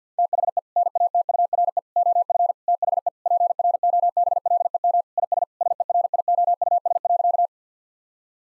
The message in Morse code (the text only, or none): THE NATURE OF THE PROBLEM IS SERIOUS.